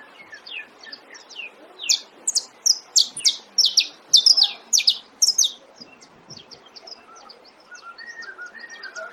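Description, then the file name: Saffron finch song, a rapid burst of sharp, high chirps for several seconds, then quieter, lower whistled notes trailing at the end. "canario da terra"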